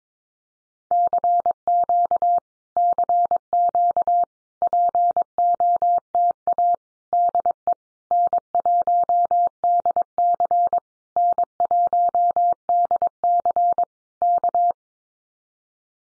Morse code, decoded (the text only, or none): CQ CQ POTA DE N1DC N1DC K